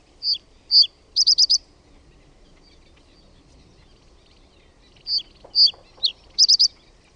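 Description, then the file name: Reed bunting song: two separate high notes followed by a rapid run of chirps, then a similar phrase after a pause of a few seconds. "PAJUSIRKKU"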